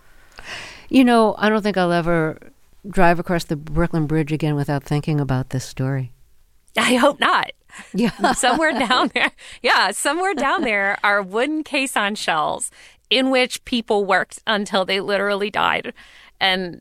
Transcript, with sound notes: You know, I don't think I'll ever drive across the Brooklyn Bridge again without thinking about this story.
I hope not.
(Laughter) Yeah.
Somewhere down there - yeah, somewhere down there are wooden caisson shells in which people worked until they literally died.